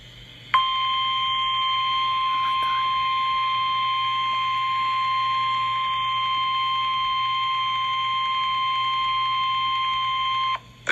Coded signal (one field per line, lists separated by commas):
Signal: Emergency Alert System (SAME) tones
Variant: 1050 Hz attention tone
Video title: EAS Scenario - Hell REMASTERED (RE-UPLOAD)